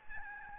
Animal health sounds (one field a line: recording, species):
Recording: mosquito wingbeat signal from an infrared sensor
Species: Aedes albopictus